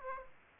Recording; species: mosquito wingbeat signal from an infrared sensor; Aedes aegypti